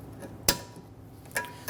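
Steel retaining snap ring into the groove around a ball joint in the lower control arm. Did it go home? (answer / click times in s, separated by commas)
yes / 0.5 s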